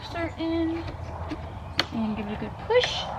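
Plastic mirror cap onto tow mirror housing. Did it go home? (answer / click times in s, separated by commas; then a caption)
no / none. Someone talks while handling a Boost Auto plastic mirror cap being fitted onto the tow mirror housing of a 2024 GMC Sierra 2500, with the clips in place, ready to be given a good push. Nothing has seated or clicked yet by the end of the clip.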